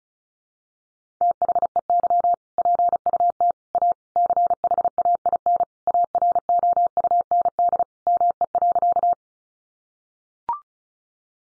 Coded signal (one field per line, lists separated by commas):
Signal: Morse code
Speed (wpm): 34 wpm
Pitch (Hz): 700 Hz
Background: none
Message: THEY PUT A CHAIN AROUND ME.